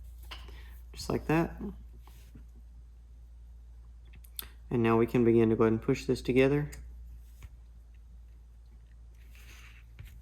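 Someone talks while handling the two plastic transmission case halves of a Vanquish VS4-10 Phoenix RC crawler, getting ready to push them together by hand. Faint handling ticks and taps come through around 0.3 s, 4.4 s and 10.0 s. Nothing has snapped or seated yet when the clip ends.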